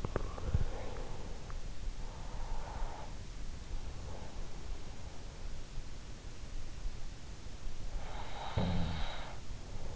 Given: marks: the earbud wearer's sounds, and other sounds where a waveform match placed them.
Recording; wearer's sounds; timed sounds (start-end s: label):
sounds in sleep by an in-ear microphone; breath, snoring breath
0.00-3.10 s: breath
7.83-9.88 s: snoring breath